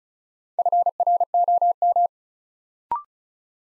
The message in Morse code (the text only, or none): FROM